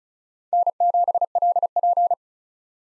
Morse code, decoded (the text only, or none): N7LP